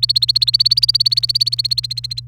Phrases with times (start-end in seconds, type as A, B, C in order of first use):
0.00-2.20 A